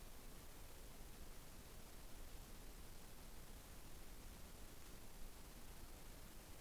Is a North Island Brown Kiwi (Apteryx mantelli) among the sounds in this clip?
no